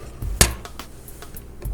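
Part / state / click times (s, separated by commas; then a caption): instrument rail into sterilization cassette groove / seated / 0.4 s. An instrument rail's tabs are placed in the rear notch of a plastic sterilization instrument cassette and slid along a groove until they lock into place. A sharp click at 0.4 s marks the tabs seating, followed by a few faint ticks and brief low rumbles. The rail is locked in.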